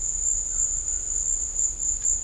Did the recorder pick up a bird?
no